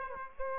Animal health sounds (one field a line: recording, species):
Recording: mosquito wingbeat signal from an infrared sensor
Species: Aedes aegypti